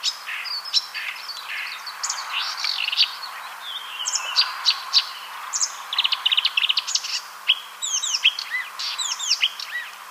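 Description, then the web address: Marsh warbler singing a continuous, varied medley of chirps and slurred whistles. "ljud Acrocephalus palustris"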